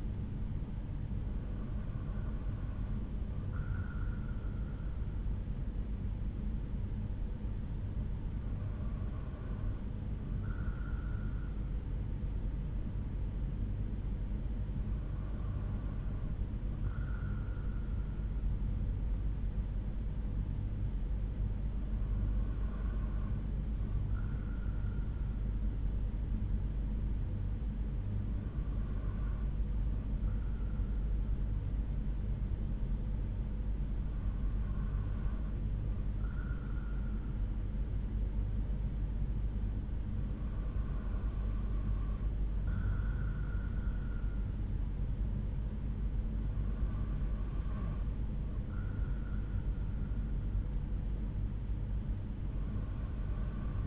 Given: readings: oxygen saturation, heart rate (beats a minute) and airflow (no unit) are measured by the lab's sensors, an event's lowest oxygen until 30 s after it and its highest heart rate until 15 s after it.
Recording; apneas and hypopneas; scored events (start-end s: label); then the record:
breathing in sleep by a smartphone at the bedside; none
none scored
From the record:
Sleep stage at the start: N2 (light sleep); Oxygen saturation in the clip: 92 to 94%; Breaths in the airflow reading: 8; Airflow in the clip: -4.3 to 3.5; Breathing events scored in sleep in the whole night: 368 in 8.0 hours asleep